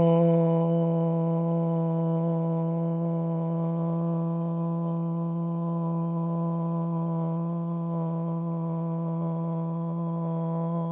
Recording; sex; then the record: sustained vowel /o/; male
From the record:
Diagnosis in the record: Parkinson's disease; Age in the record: 71 years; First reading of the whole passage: 62 s, 8.3 characters per second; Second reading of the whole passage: 53 s, 9.9 characters per second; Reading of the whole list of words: 66 s, 4.2 characters per second